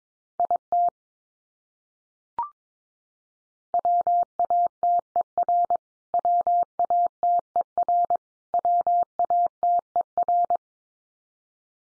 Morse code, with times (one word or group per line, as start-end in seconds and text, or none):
0.4-0.9 IT
3.7-5.8 WATER
6.1-8.2 WATER
8.5-10.6 WATER